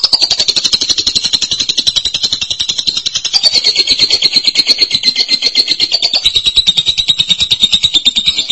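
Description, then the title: Lovebird song: unbroken fast shrill twittering, harsh and buzzy. "BM Suara Burung Lovebird"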